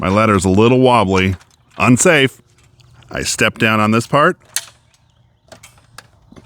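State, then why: Seated. A Little Giant Leveler multi-position ladder, wobbly on uneven ground, has its ratcheting leveling leg pressed down by foot while someone talks. After a few faint taps, the metal ratchet engages with a sharp click at 6.0 s, seating the leveling leg in position.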